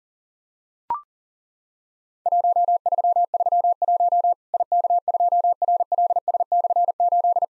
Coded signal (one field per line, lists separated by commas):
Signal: Morse code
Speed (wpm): 40 wpm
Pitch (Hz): 700 Hz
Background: none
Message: 1331 IK2RLS/8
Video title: Worked All Europe DX Contest QTC Exchange 40wpm